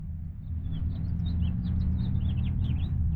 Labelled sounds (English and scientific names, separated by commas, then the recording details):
House Finch (Haemorhous mexicanus) song
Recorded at Wantagh on Long Island, New York, on 21 May 1975
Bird F